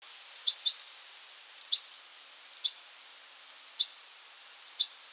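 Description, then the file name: European goldfinch calls: short bursts of two or three high notes, repeated at intervals, with faint background hiss. "Carduelis carduelis"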